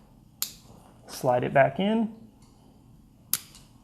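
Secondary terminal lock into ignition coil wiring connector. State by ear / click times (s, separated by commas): seated / 3.3 s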